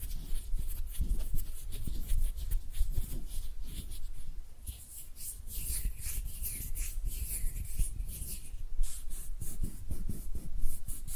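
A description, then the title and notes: Hand sounds: steady rubbing and scratching that runs without pause, with a soft low thump underneath. Bright, hissy brushes flare up in quick strokes, heaviest from about five to nine seconds, and the texture stays dense and fairly even throughout. ASMR Relaxing Hand Sounds (No Talking).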